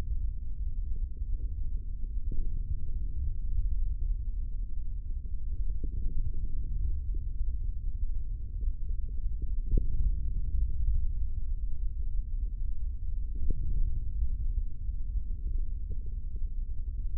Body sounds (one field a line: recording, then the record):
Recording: forearm muscle sounds (acoustic myography)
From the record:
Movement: hand closing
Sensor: system 3, bracelet of six PUI Audio POM-2738L microphones around the upper forearm, with dedicated amplification and filtering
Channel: 2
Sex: male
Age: 25 years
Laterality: right